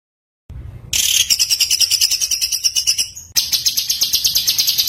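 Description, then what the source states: White-eye song: dense, fast, high twittering of pulsed notes starting after a brief silence and running on almost without a break. Continuous singing (gacor) with full shooting song (tembakan), used as masteran for tutoring other songbirds.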